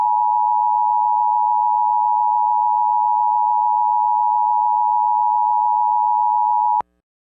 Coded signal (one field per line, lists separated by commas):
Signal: Emergency Alert System (SAME) tones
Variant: 853 and 960 Hz attention tone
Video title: EAS MOCK 45- AMBER ALERT FOR CONNECTICUT